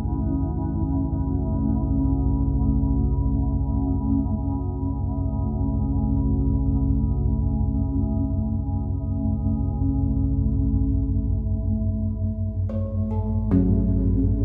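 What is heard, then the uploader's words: Binaural beats hum as a steady low drone with pulsing waves beneath, and around twelve seconds brief clicks lead into a slightly shifted tone. Binaural beats.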